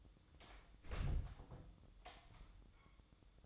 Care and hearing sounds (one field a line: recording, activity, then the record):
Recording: daily activity, microphone in the room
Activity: close door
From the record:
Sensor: 3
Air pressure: 1004.9 hPa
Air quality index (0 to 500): 74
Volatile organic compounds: 2 ppm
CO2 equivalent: 1106 ppm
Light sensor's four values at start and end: 8/20/8/8 and 8/20/8/8